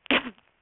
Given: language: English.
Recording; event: throat vibration sensor signal played as sound; cough